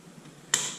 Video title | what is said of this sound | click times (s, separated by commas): Toyota Yaris T3 - Radiator Replacement | clip it back. Can you hear that that positive clicking going on there? | 0.5 s